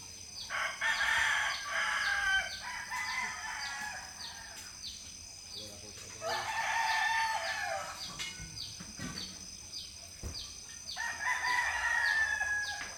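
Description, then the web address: Chickens crowing in turn: three long, harmonic crows about five seconds apart, each trailing off lower, against a persistent high, pulsing tick. Chicken hens in a quiet village in the Philippines, recorded in the early morning. "Philippines sound library by Faunethic Village quiet chicken hen symphony early the morning"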